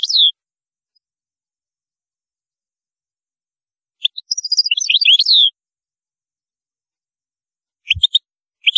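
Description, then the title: European goldfinch song, high tinkling and twittering notes in a short burst around four to five seconds, with a sharp opening chirp and a few scattered notes later. "Chant Chardonneret"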